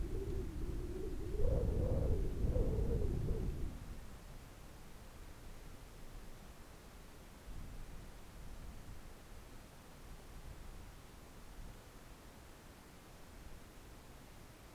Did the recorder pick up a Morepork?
no